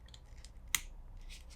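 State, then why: Seated. A watch band's quick-release spring bar pin is seated into the lug slot of a Samsung Galaxy Watch, snapping into place with a sharp click at 0.8 s. A few faint ticks come before it, and soft rustling follows. The band is seated and locked in the lug.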